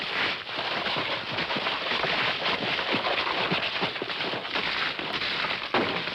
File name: Horses Through Snow or Brush